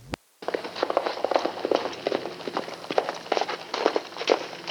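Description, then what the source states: Horse hoofbeats, a run of quick uneven thuds and clops beating several times a second, after one sharp click at the start. Horse running and then pausing.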